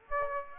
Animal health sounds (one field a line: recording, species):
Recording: mosquito wingbeat signal from an infrared sensor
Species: Aedes aegypti